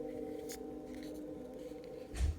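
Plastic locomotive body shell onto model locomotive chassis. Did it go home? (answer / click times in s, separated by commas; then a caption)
no / none. The repainted plastic body shell of an N scale Life-Like BL-2 locomotive is spread slightly and pushed down over the model's chassis, heard as faint handling rustles over a steady low hum, with a brief scrape near 0.5 s and a louder rubbing thump around 2.2 s. Nothing has seated or clicked yet; the shell has not snapped into place by the end.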